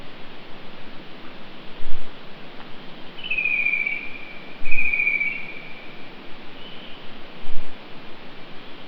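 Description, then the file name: Bird calls at night: two thin whistled notes just over a second apart, over a steady hiss with soft low thumps. "Night Bird Atmos"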